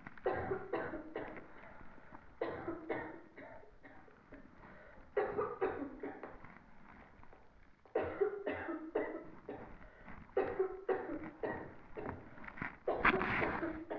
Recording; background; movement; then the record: deep breathing; a bystander coughing; sitting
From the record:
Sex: female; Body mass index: 18.3 kg/m2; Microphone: on the chest, facing the body